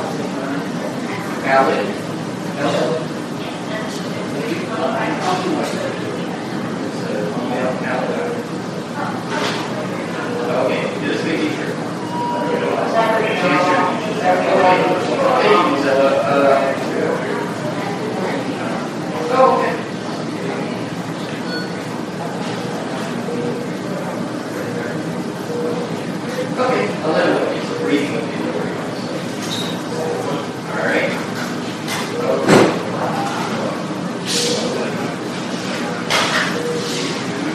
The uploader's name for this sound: Hospital Emergency Room